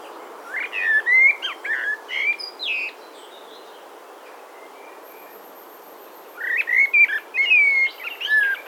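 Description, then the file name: Common blackbird singing two bursts of low, fluty warbled phrases with squeaky high flourishes, separated by a few seconds of quiet, with a thin high whistle faintly heard. "Turdus merula"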